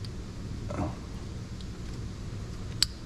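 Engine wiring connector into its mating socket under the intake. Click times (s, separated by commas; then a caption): 2.8 s. An engine wiring connector is pushed into its mating socket under the intake during intake reinstallation on a 4.8/5.3/6.0 engine, over a low steady hum with a faint tick and a brief rustle near 0.8 s. A single sharp, loud click at 2.8 s marks the connector snapping back into place, fully seated.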